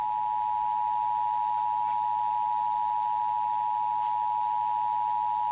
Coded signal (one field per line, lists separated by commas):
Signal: Emergency Alert System (SAME) tones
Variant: 853 and 960 Hz attention tone